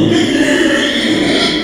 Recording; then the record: squeal of a Yucatan mini pig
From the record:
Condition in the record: after surgery on the right vocal fold (resection and tissue-engineered implant); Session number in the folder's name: 2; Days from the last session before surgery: 13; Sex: male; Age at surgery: 12 weeks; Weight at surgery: 13 kg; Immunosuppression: cyclosporine, prednisolone